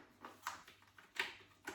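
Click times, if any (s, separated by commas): none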